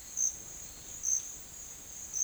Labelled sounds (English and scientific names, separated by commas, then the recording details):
none
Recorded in dense forest near Puerto Asís, Putumayo, Colombia, on 12 March 2025 at 11:00
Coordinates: 0.500, -76.322
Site GP06